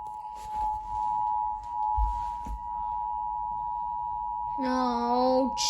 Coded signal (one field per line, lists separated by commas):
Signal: Emergency Alert System (SAME) tones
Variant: 853 and 960 Hz attention tone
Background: speech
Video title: Emergency Alert System Winter Storm Watch in Warren, Butler and Pittsburgh PA (04/23/12)